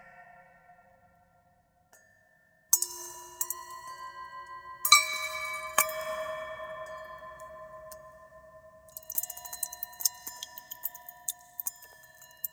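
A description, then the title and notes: A composition of droplet sounds: bright, bell-like pings ring out at about three, five and six seconds, each leaving sustained tones that hang and slowly fade. After nine seconds a busier stream of small, sharp ticks and clinks patters irregularly over the lingering ringing. Dripping introduces the listener to imaginary rooms, whose physical structures are made tangible by the composition of droplets generating sound. The initially irregular dripping sounds describe a path through a "virtual" soundscape of various different material consistencies.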